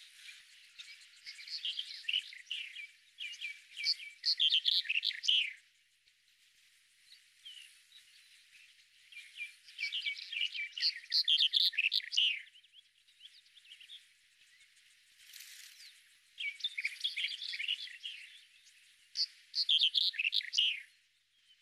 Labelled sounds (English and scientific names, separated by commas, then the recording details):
Red-headed Bunting (Emberiza bruniceps) song
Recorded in the wild
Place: Beldersai, UZ
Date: 2001-05-25
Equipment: MiniDisc Sharp MT 20 H
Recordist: Schwarz, Dieter
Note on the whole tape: Song